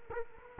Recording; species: mosquito wingbeat signal from an infrared sensor; Culex quinquefasciatus